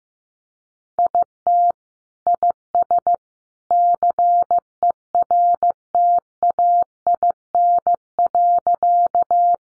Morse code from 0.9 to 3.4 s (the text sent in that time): IT IS